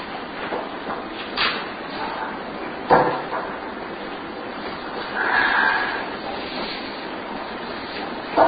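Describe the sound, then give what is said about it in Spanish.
Running water in a film sequence's soundtrack flows in a steady, hissing rush throughout, swelling slightly partway through, with a couple of brief soft knocks breaking the even wash of sound. No one speaks. “Descubrimos entonces que el sonido en cuestión, el agua, está ahí, desde el comienzo de la secuencia.”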